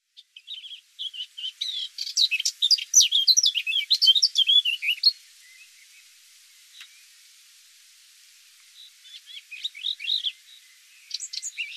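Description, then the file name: Eurasian blackcap delivering a fast, varied warble for several seconds, then a quiet pause, then softer, shorter warbled phrases. "Sylvia atricapilla"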